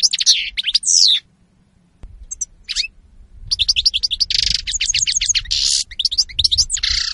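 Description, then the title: European goldfinch song in quick twittering bursts with one drawn-out, sliding whistle, broken by a short silence, then more chattering phrases over a faint low rumble. Spanish goldfinch lure call (reclamo). "Reclamo jilguero espaÑol"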